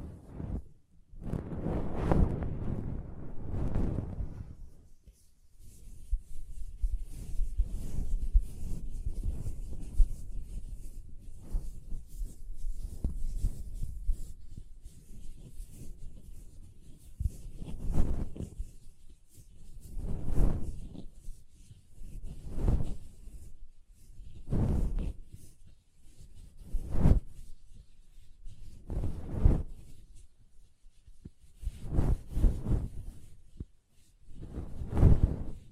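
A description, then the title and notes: Pom pom tingles: soft, rustling swishes of fluffy material brushed against a microphone. A dense, busy stretch of low rubbing fills the first half, then the sound settles into separate swooshing strokes arriving about every two to three seconds. ASMR Ultimate Pom Pom Tingles (No Talking).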